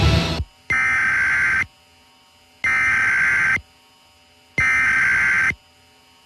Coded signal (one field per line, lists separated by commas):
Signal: Emergency Alert System (SAME) tones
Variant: header bursts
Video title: 2011 National EAS Test Explained